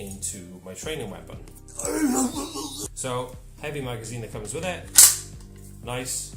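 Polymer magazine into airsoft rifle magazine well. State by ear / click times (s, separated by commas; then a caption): not seated / none. A polymer airsoft magazine is handled at the magazine well of an airsoft training rifle while someone talks, with a brief sharp burst of noise near 5.4 s. The magazine has not seated or clicked into place yet.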